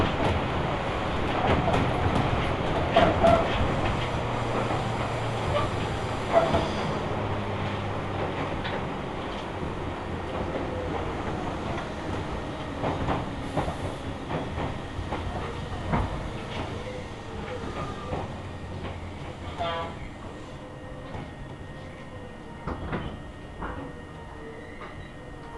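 A four-car local train on the Tobu Tojo Line runs over single track between Yorii and Ogawamachi. A steady low rumble carries sharp clicks and rattles at irregular intervals, with a faint motor whine, gradually quieting toward the end.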